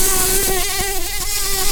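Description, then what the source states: Red-tailed bumblebee buzzing, a steady droning hum with a strong harmonic stack, continuous and even throughout. Queen.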